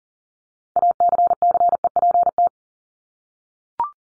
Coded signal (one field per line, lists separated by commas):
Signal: Morse code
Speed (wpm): 40 wpm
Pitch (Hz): 700 Hz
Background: none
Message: ACCEPT